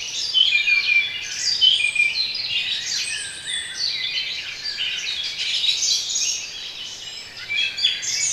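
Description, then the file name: Birds singing, a thick tangle of high chirps, whistles and trills from many birds running continuously through the whole stretch. Intended for relaxation. "relaksacja odglosy ptakow"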